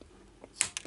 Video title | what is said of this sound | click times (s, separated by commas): Aroura-Rustler-Level 7 Upgrade: Ball Bearings | push it till it snaps | 0.6 s, 0.8 s